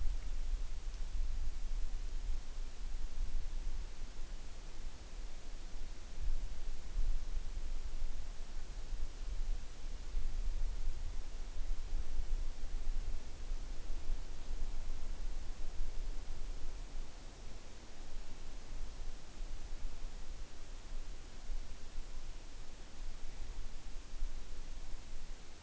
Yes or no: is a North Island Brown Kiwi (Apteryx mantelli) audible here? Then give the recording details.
no. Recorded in New Zealand on 9 June 2014. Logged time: 02:19